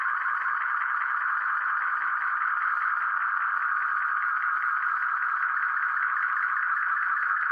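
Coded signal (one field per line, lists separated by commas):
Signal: multi-tone FSK (Olivia or MFSK type)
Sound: steady warbling, hissy digital tone band with rapid faint ticking throughout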